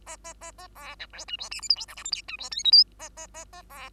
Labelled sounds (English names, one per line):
Bengalese Finch song